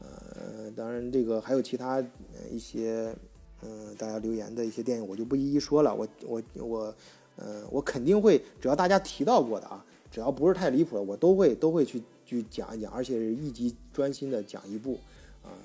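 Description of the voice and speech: Mandarin-speaking man with repeated words and syllables and hesitations, mild stuttering.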